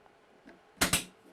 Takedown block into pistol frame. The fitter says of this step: and it locks into place.